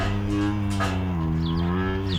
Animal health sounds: contact call of a hoofed animal; cattle; low-frequency (closed-mouth) or high-frequency (open-mouth) call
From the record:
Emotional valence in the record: negative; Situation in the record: full separation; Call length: 2.2 s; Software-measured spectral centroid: 1890 Hz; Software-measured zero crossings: 1000 a second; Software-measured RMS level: -24 dBFS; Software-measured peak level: -12 dBFS

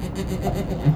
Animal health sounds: contact call of a hoofed animal; goat; low-frequency (closed-mouth) or high-frequency (open-mouth) call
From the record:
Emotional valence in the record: positive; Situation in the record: food anticipation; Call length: 0.97 s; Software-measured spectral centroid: 2050 Hz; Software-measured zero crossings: 1100 a second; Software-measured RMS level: -23 dBFS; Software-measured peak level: -7 dBFS

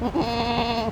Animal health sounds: contact call of a hoofed animal; goat; low-frequency (closed-mouth) or high-frequency (open-mouth) call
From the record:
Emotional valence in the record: negative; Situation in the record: short social isolation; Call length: 0.92 s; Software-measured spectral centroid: 1980 Hz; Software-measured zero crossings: 1940 a second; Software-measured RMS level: -24 dBFS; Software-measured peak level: -10 dBFS

